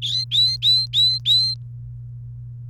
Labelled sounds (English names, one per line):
Domestic Canary song